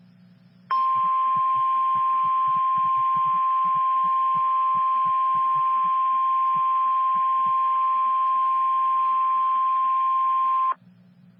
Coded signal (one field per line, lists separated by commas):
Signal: Emergency Alert System (SAME) tones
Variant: 1050 Hz attention tone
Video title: Tornado Watch (EAS # 2) 4/17/13